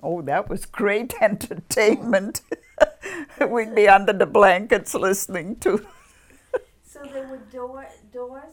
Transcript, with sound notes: Oh, that was great entertainment. (she laughs) We'd be under the blankets listening to.
So there were door, doors...